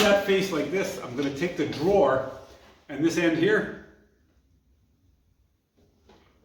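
A drawer is taken by its end and lined up on a cabinet's slide runners before being pressed down. Someone talks for the first four seconds, then only quiet handling sounds follow, with faint bumps around 6.1 and 6.5 seconds. Nothing has seated or clicked yet.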